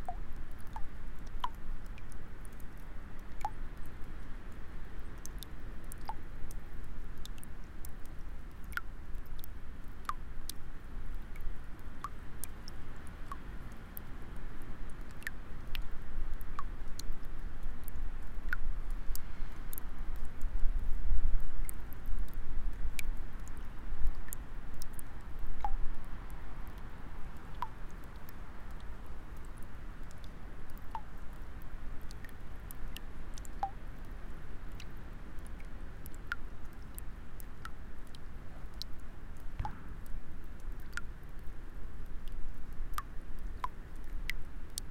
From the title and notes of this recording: The sound of water dripping on a cold, winter white day in .